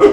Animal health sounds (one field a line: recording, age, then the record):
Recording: pig call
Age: growing-finishing pig (85 days or more)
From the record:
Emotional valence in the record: positive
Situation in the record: run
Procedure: transit